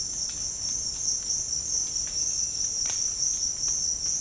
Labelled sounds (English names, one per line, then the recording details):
none
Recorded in dense forest near Puerto Asís, Putumayo, Colombia, on 27 June 2025 at 09:30
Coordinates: 0.481, -76.323
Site G072